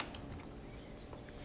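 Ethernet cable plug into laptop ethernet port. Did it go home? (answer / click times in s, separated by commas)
yes / 0.0 s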